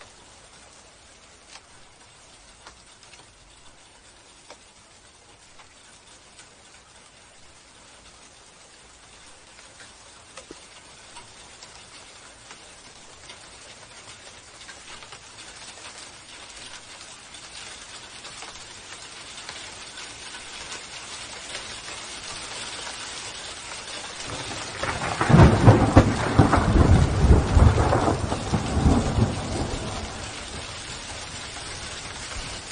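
Small hailstones patter on the ground and leaves, starting as a faint, sparse ticking and slowly thickening into a denser hiss over half a minute. Around 25 to 28 seconds a heavy, loud burst of impacts and low rumble surges in, then eases back to steady pelting.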